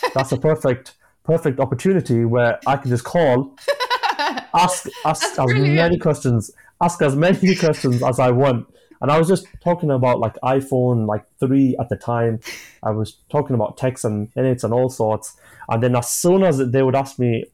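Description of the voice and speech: A 25-year-old man who has stammered since childhood talks conversationally, with several pauses, a stretched-out "ask" and repeated words and phrases ("perfect… perfect", "ask as many questions… ask as many questions"). These repetitions and hesitations fit stammering, a disorder of speech fluency.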